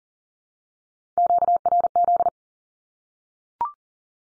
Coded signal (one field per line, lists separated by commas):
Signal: Morse code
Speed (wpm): 40 wpm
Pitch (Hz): 700 Hz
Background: none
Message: QRZ